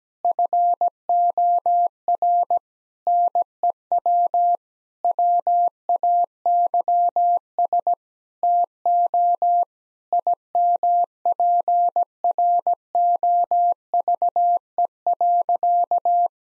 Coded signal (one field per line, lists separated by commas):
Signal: Morse code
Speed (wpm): 17 wpm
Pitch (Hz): 700 Hz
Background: none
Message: FOR NEW WAYS TO IMPROVE.